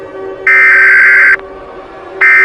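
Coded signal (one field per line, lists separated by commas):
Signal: Emergency Alert System (SAME) tones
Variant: header bursts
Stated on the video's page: Fictional EAS scenario, not a real alert.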